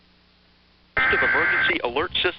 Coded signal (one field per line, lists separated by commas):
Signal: Emergency Alert System (SAME) tones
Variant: header bursts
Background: speech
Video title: The Nationwide (United States-wide) Test of the Emergency Alert System (EAS).wmv